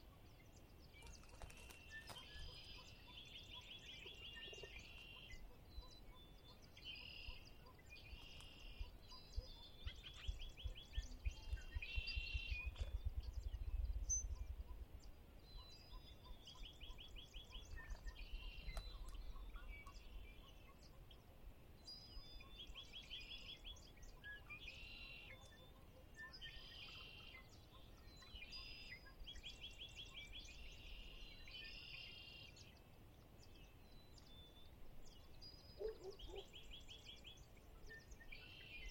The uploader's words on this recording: Conner's Lake, chilly Spring dawn. Sinlahekin Wildlife Area. The temperature was chilly, barely above freezing, but the birds were abundant.